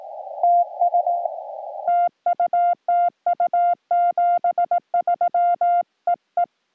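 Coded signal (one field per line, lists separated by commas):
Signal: Morse code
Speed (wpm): 18 wpm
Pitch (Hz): 700 Hz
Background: music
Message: TS TU TU 73 EE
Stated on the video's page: CW POTA park activation with an FT-891 and linked dipole, working a North America DX pile-up, with fading.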